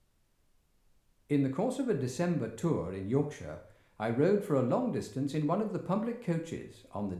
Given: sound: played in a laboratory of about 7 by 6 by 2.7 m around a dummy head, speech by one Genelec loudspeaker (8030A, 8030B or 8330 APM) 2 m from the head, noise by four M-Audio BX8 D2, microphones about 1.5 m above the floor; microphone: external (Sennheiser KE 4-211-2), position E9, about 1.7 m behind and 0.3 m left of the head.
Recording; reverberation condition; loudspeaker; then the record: male speech in English; medium; 150 degrees to the left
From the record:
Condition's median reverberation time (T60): about 510 ms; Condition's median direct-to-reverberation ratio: about -0.5 dB